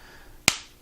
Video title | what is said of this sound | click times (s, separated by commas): Festool RO 90 Multi Purpose Sander | it snaps right in and now that edge protector can run here against the wall or against your stair | 0.5 s